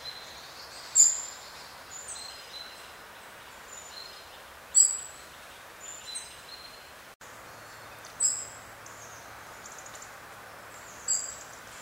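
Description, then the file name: European robin repeating crisp, very high call notes roughly every three to four seconds, with faint softer notes in between. "Erithacus rubecula"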